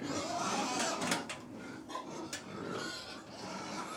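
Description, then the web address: Pigs feeding amid a wash of noise, scattered squeals and grunts with a few sharp clatters. About 100 pigs feeding; livestock. "BBC Sound Effects Library BBC Livestock 1 Approx 100 Pigs Feeding - Middle"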